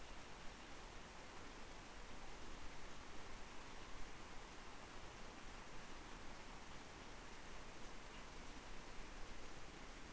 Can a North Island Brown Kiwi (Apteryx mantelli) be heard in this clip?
no